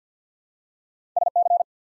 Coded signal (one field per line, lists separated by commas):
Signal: Morse code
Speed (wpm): 50 wpm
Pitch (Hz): 700 Hz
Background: none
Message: SC